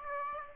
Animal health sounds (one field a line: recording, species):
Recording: mosquito wingbeat signal from an infrared sensor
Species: Aedes aegypti